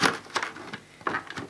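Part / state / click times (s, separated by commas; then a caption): dust container into cylinder vacuum cleaner body / not seated / none. A plastic dust container is pushed into the body of a Vax Air Revolve Pet cylinder vacuum cleaner. Short knocks and rattles of plastic are heard around 0.1, 0.4, 1.1 and 1.3 seconds. The container sits in firmly, but it has not clicked into place.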